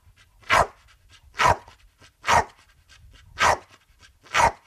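Pit bull giving five barks, steady at roughly one per second, with faint breathing noise in the gaps.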